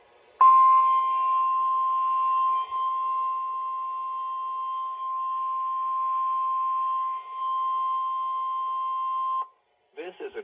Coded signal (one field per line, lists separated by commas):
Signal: Emergency Alert System (SAME) tones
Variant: 1050 Hz attention tone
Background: speech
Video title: I missed the Marginal Risk Event so I did this (EAS# 132-133) [Re-Uploaded]